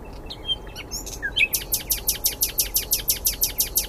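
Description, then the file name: Common nightingale giving a few soft whistled and chipped notes, then a loud, rapid rhythmic series of harsh repeated notes. "Luscinia megarhynchos"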